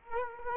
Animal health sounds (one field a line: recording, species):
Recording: mosquito wingbeat signal from an infrared sensor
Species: Culex quinquefasciatus